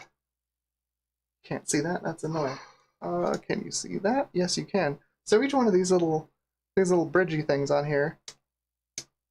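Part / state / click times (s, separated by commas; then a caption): plastic bridge link on a cable drag chain / seated / 9.0 s. A small plastic bridge link is pressed back onto the cable drag chain of a 3D printer, an Ender 3, and it seats. Someone talks for most of the clip, then a short, sharp snap at 9.0 s marks the link snapping in place.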